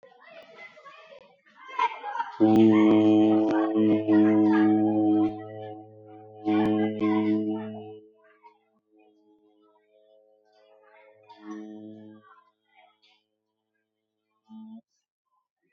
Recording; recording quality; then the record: sustained vowel as in boot; excellent, no background noise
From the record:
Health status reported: recovered from COVID-19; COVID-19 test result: positive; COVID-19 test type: RT-PCR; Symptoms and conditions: hypertension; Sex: male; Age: 54 years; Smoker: yes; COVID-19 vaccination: both doses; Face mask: worn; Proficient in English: yes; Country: India